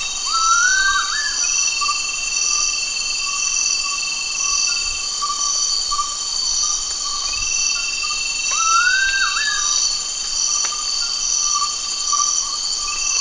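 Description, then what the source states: Gould's frogmouth whistles twice, about eight seconds apart; each call rises quickly and then bends downward, set against constant high insect buzzing. Recorded at Danum, Borneo, on 1 August 2009.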